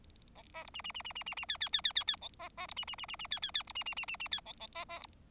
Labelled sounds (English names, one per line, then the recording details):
Bengalese Finch song
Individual Bird4